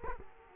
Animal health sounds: mosquito wingbeat signal from an infrared sensor; Culex quinquefasciatus

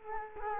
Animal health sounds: mosquito wingbeat signal from an infrared sensor; Culex quinquefasciatus

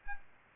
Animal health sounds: mosquito wingbeat signal from an infrared sensor; Aedes albopictus

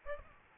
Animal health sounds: mosquito wingbeat signal from an infrared sensor; Aedes albopictus

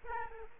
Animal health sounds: mosquito wingbeat signal from an infrared sensor; Aedes aegypti

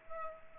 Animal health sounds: mosquito wingbeat signal from an infrared sensor; Culex pipiens

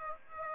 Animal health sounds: mosquito wingbeat signal from an infrared sensor; Aedes aegypti

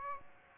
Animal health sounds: mosquito wingbeat signal from an infrared sensor; Aedes aegypti

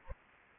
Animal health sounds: mosquito wingbeat signal from an infrared sensor; Anopheles arabiensis

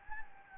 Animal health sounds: mosquito wingbeat signal from an infrared sensor; Anopheles gambiae

